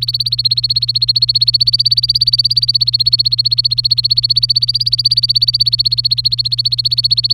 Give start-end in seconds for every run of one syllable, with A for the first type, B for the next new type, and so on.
0.00-7.33 A